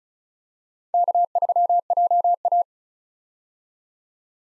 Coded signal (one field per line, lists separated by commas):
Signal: Morse code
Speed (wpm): 34 wpm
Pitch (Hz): 700 Hz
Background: none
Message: K3JA